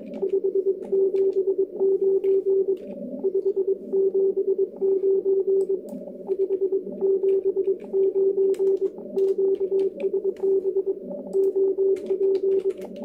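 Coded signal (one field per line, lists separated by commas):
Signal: Morse code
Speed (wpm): 21 wpm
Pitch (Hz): 390 Hz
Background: radio noise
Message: 579 579 5 79 QSB OP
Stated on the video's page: Morse contact on 40 metres, sent with a homebrew hacksaw-blade paddle, with a station in Croatia.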